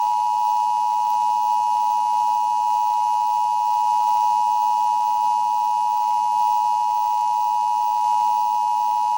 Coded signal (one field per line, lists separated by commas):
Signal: Emergency Alert System (SAME) tones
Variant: 853 and 960 Hz attention tone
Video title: Minneapolis July 1988 EMERGENCY Alert System